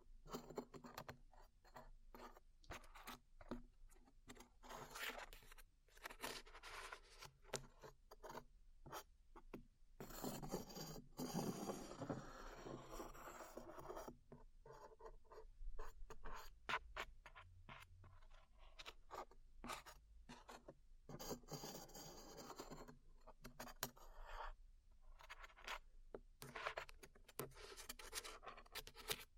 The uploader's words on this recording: ASMR Peeling Glue Off Your Ears (No Talking).